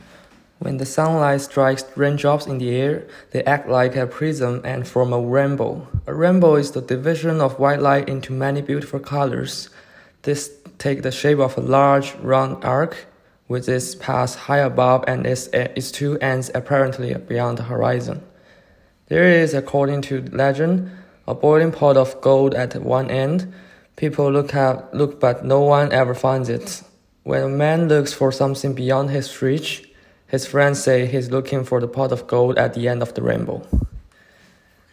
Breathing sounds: reading aloud after running; male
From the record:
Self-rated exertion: light exertion (2 of 6); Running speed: 6 miles an hour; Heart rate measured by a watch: 110 beats a minute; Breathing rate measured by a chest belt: 12 breaths a minute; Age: 23 years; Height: 172 cm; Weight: 64 kg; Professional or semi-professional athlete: yes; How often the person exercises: 3 to 5 times a week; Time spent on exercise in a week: 2 to 3 hours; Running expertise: no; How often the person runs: 1 to 2 times a week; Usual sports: running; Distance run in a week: 15 km

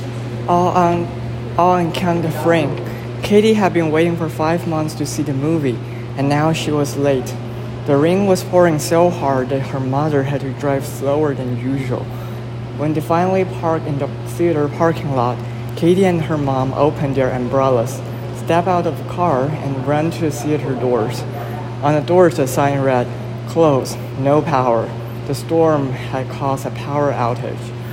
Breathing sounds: reading aloud after running; male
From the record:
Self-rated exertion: vigorous exertion (4 of 6); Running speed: 10 miles an hour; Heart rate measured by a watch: 127 beats a minute at the start, 114 at the end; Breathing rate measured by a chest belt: 22 breaths a minute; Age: 24 years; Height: 175 cm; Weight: 56 kg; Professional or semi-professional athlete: no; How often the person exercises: over 5 times a week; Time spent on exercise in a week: over 5 hours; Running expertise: yes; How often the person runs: over 5 times a week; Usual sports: running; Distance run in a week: 60 km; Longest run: 43 km

